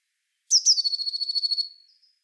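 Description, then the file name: Eurasian blue tit: two sharp high notes followed by a rapid, even trill that fades out. "Cyanistes caeruleus"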